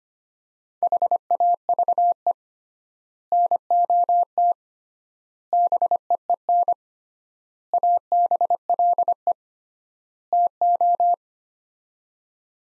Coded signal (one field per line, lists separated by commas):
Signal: Morse code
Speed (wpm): 25 wpm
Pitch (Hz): 700 Hz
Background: none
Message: HAVE NOT BEEN ABLE TO